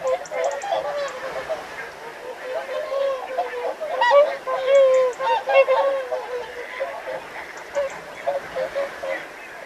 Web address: whooper swan